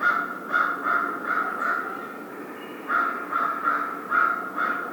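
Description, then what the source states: American crow calling a rapid series of harsh caws, a short pause, then another quick string of caws. Recorded 2010-02-01.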